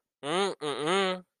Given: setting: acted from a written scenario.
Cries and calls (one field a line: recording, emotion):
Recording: vocal sound without words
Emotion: contempt